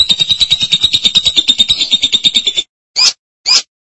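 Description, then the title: Lovebird delivering a quick, pulsing high trill for under three seconds, followed by two short separate squeaky bursts. "BM Suara Burung Lovebird"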